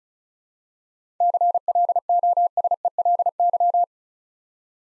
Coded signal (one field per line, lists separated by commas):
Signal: Morse code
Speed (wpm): 36 wpm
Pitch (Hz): 700 Hz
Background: none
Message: CLOSELY